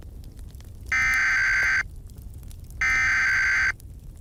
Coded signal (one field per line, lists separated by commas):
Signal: Emergency Alert System (SAME) tones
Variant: header bursts